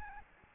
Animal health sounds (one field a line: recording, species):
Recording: mosquito wingbeat signal from an infrared sensor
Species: Aedes albopictus